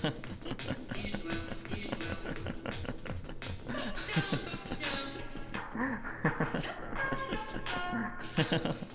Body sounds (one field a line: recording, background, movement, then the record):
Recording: laughter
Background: music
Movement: sitting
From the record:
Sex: male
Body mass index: 22.0 kg/m2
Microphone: on the chest, facing the body